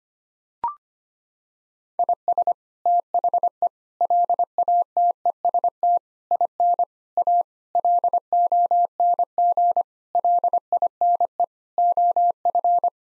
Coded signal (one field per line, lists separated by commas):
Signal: Morse code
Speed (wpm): 25 wpm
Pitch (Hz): 700 Hz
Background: none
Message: IS THE LATEST IN A LONG LINE OF